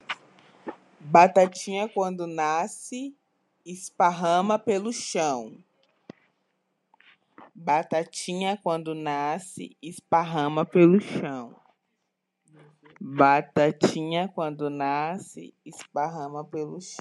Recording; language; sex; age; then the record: short text; Brazilian Portuguese; female; 20 to 29 years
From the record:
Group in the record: control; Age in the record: 24 years